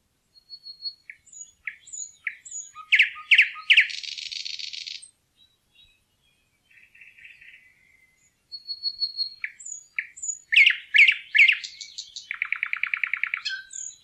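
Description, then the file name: Thrush nightingale song: thin whistles and sharp chacking notes build into a dry buzzy rattle, then after a pause a fresh phrase of clicks and a harsh rattle. "nattergal"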